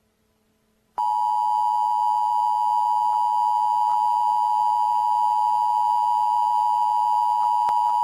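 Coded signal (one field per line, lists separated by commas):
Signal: Emergency Alert System (SAME) tones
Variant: 853 and 960 Hz attention tone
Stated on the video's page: Fictional EAS scenario about a large tornado levelling Wichita, Kansas.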